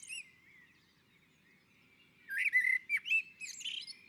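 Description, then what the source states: Common blackbird singing: faint trailing notes, a quiet gap, then a fluty warbled phrase with a sharp high twittering finish. On a roof.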